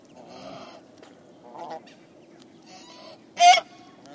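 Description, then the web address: Swan Goose calls: soft, nasal honks through most, then a single loud, harsh honk near the end. "BBC. swan geese calls"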